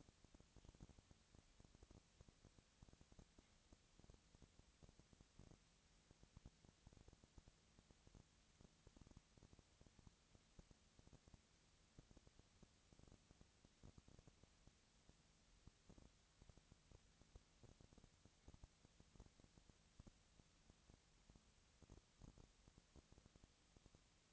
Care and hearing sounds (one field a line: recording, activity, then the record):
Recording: daily activity, microphone in the room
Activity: no activity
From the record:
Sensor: 3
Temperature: 20.4 degrees Celsius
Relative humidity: 34.4%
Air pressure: 996.9 hPa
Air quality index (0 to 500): 205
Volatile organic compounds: 68 ppm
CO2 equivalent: 3504 ppm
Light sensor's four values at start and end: 2/3/2/2 and 2/3/2/2